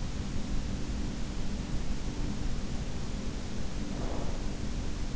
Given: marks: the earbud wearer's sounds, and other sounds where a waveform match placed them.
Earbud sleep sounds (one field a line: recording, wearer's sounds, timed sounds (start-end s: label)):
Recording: sounds in sleep by an in-ear microphone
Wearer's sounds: breath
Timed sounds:
2.33-4.79 s: breath